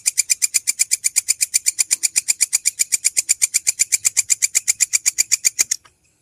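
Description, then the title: Canary delivering a very fast, metallic trill of evenly spaced notes that stops abruptly near the end, leaving silence. Long-duration song used as masteran (bird tutor) material. "Kicauan Kenari Durasi Panjang"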